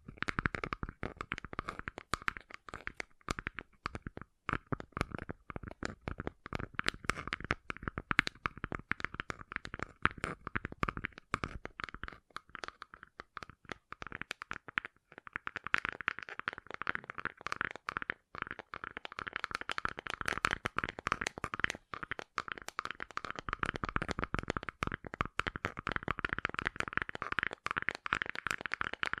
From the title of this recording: ASMR Gentle Tapping